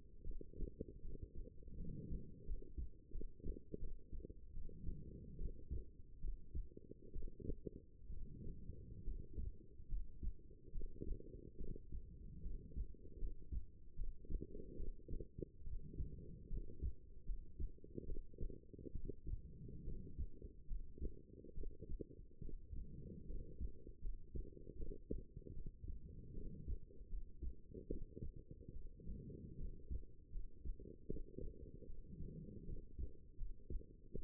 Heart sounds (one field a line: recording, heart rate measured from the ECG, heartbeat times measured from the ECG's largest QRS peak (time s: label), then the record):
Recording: heart sounds by stethoscope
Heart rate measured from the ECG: 74 bpm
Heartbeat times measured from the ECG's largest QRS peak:
0.22 s: heartbeat
1.00 s: heartbeat
1.75 s: heartbeat
2.44 s: heartbeat
3.10 s: heartbeat
3.78 s: heartbeat
4.52 s: heartbeat
5.36 s: heartbeat
6.19 s: heartbeat
7.11 s: heartbeat
8.08 s: heartbeat
9.02 s: heartbeat
9.87 s: heartbeat
10.70 s: heartbeat
11.56 s: heartbeat
12.41 s: heartbeat
13.17 s: heartbeat
13.94 s: heartbeat
14.75 s: heartbeat
15.62 s: heartbeat
16.47 s: heartbeat
17.24 s: heartbeat
18.04 s: heartbeat
18.90 s: heartbeat
19.82 s: heartbeat
20.66 s: heartbeat
21.53 s: heartbeat
22.40 s: heartbeat
23.25 s: heartbeat
23.99 s: heartbeat
24.75 s: heartbeat
25.52 s: heartbeat
26.32 s: heartbeat
27.08 s: heartbeat
27.88 s: heartbeat
28.71 s: heartbeat
29.55 s: heartbeat
30.30 s: heartbeat
31.06 s: heartbeat
31.85 s: heartbeat
32.64 s: heartbeat
33.36 s: heartbeat
34.11 s: heartbeat
From the record:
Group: healthy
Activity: rest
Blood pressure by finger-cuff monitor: 119/85 mmHg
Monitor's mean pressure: 99 mmHg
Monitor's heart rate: 74 bpm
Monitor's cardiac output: 5.9 L/min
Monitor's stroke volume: 82 mL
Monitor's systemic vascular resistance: 1220 dyn s/cm5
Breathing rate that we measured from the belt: 18 breaths a minute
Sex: female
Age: 23 years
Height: 160 cm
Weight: 50.4 kg